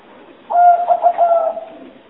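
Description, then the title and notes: Spotted dove cooing: one short, mellow phrase of several soft, low coo notes lasting about a second, over a faint hiss. Spotted dove calls used as a lure for trapping. "Pikat Burung Tekukur. Kumpulan suara burung tekukur"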